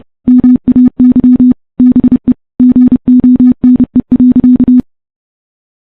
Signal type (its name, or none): Morse code